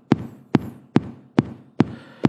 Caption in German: Wenn man aufgeregt ist, ist es ein bisschen schneller. Das ist ein normaler Sinusrhythmus.